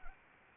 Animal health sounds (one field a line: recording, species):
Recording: mosquito wingbeat signal from an infrared sensor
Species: Anopheles arabiensis